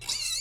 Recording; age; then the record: pig call; weaner (32 to 43 days)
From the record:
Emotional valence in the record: negative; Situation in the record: long isolation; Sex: female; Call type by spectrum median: high-frequency call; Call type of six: high-frequency stable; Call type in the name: high-frequency stable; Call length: 0.41 s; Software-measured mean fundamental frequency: 568 Hz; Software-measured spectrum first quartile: 4045 Hz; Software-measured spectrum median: 5323 Hz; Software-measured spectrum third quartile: 7374 Hz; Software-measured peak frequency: 3909 Hz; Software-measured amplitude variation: 155 dB a second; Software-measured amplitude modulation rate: 28.0 a second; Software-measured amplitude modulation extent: 5.5 dB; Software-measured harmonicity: 4.8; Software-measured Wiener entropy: -2.43